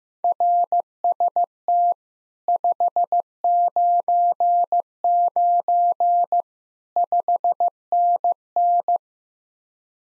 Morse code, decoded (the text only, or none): RST 599 5NN